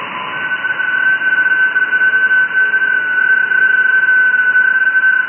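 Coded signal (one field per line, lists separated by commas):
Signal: FT8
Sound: one steady whistle-like tone over hiss, with faint fainter tones nearby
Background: radio static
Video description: Receiving and decoding FT8 QSOs over 20-meter band (14,074 KHz), with the new SDRplay RSPdx software defined radio (SDR) at Mexico City.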